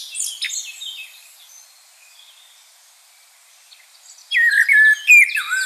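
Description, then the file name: Common blackbird calling: faint high twitters at first, then a quiet gap, then loud, quick falling notes repeated in the final seconds. "Turdus merula"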